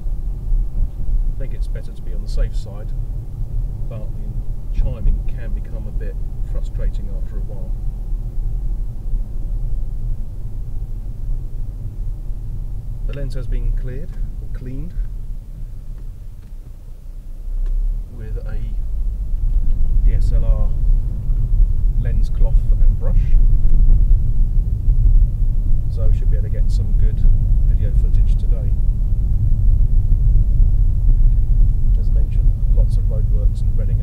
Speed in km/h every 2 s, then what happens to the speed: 39, 39, 39, 37, 35, 32, 26, 11, 15, 19, 23, 26, 27, 29, 27, 27, 26.
0-5 steady at about 39. 5-14 slows to 11. 14-26 speeds up to 29. 26-34 steady at about 27.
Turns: none.